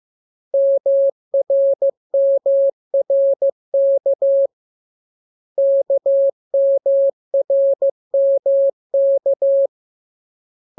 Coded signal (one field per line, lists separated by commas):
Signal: Morse code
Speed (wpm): 15 wpm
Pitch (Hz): 550 Hz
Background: none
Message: MRMRK KMRMK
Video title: Learning Morse Code. Lesson 3. Letter KMUR